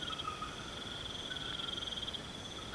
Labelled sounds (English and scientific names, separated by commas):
none